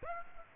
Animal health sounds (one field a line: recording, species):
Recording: mosquito wingbeat signal from an infrared sensor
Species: Aedes aegypti